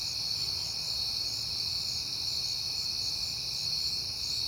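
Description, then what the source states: Crickets trilling in a steady, unbroken high chorus that holds an even pitch throughout, with a faint low hum underneath. Crickets at night in September, recorded on a peaceful night.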